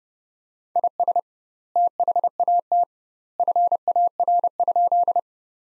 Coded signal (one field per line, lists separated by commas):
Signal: Morse code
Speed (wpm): 32 wpm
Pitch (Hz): 700 Hz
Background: none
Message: IS THAT FAR?